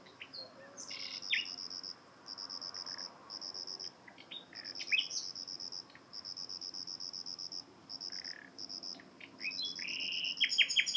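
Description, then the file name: Common nightingale song of repeated high pulsed note series separated by short pauses, mixed with sharp chirps and a rising flourish at the close. "Luscinia megarhynchos"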